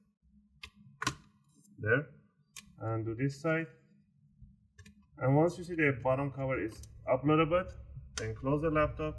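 A guitar pick or opening tool is worked along the sides between the top case and the plastic bottom cover of a Lenovo Yoga 520 laptop, popping the bottom cover's retaining clips loose for a battery replacement. Sharp clicks sound at 0.6 s and 1.1 s as the clips release, and someone talks through the rest of the clip.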